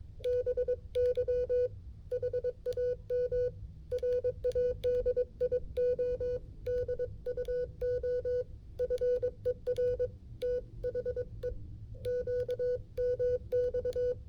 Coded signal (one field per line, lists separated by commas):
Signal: Morse code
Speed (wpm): 22 wpm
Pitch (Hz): 500 Hz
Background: music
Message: BY HAM RADIO DUO FER THE QMX